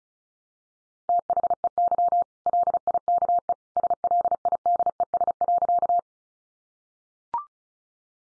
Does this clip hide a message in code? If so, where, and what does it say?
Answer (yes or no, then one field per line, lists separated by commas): yes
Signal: Morse code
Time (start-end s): 1.1-6.0 s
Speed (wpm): 34 wpm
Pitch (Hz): 700 Hz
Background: none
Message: THEY LIKE SLIDES.